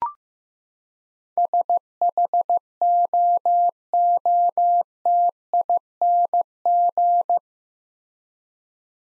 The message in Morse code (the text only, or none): SHOOTING